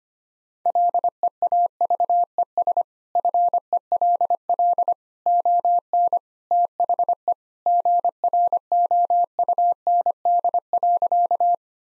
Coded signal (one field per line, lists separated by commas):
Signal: Morse code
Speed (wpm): 25 wpm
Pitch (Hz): 700 Hz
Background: none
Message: LEAVES FELL ON THE GROUND.